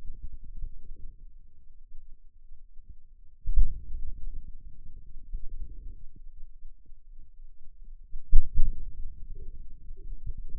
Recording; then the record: forearm muscle sounds (acoustic myography)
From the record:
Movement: outward rotation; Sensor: system 2, bracelet of six BSWA MPA416 microphones around the upper forearm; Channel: 1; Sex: male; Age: 22 years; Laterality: right